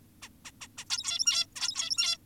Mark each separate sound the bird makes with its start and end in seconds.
0.22-0.29, 0.45-0.52, 0.61-0.68, 0.78-0.85, 0.90-1.46, 1.56-2.18